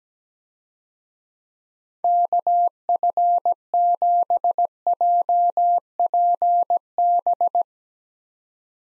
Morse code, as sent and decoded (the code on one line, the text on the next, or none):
-.- ..-. --... .--- .--. -...
KF7JPB